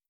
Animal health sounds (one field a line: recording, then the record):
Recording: hydrophone in a shrimp aquaculture tank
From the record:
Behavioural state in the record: starved